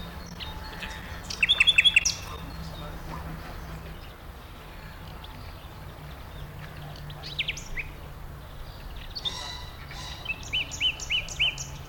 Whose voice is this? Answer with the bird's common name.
Common Blackbird